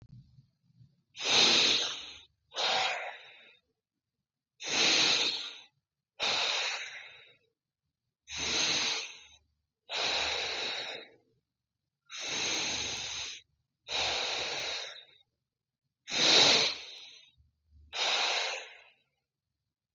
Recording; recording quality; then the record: deep breathing; excellent, no background noise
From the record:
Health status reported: recovered from COVID-19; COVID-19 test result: positive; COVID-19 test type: RT-PCR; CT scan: not taken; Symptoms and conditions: none ticked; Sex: male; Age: 27 years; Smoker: yes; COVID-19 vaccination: both doses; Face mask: not worn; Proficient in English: yes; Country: India